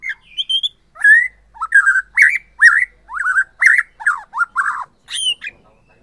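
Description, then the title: White-rumped shama song: rich, loud whistled phrases, each note slurring up and down, delivered in a steady rhythmic series. Borneo form. "MURAI BORNEO MAS KIKI"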